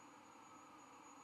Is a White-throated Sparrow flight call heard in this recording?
no